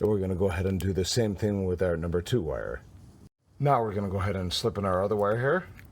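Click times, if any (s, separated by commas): none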